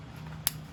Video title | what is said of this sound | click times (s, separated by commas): Replacing Front Brake Rotors and Pads on 2010 Chevy Cobalt | And it snaps in place so you know that it's on. | 0.5 s